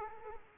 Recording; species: mosquito wingbeat signal from an infrared sensor; Culex quinquefasciatus